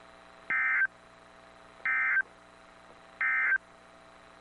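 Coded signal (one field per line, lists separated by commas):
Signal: Emergency Alert System (SAME) tones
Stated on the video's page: Compilation of severe storm and tornado warnings received from several NOAA weather radio transmitters in Ohio, Kentucky, Indiana and Pennsylvania.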